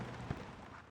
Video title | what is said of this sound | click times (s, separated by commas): RV Dual propane tank cover install and review Camco 40523 | and there you go it just snaps in place now the cover itself you can put it in two different ways you can see | 0.3 s